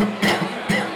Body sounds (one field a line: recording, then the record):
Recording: coughing mixed with background sound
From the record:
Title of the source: Man Coughing Sound - Wet Cough Sound Effect